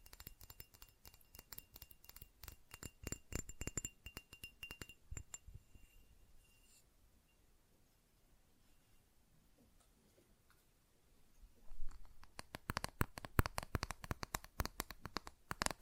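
Fast tapping in rapid bursts of sharp, clicky strikes with a glassy, clinking edge. A dense flurry runs for about the first five seconds and thins out by seven, followed by near silence. Quick, loud tapping returns from around twelve seconds to the end.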